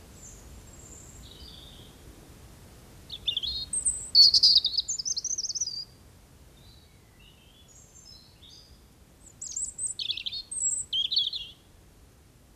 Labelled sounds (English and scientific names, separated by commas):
European Robin (Erithacus rubecula) song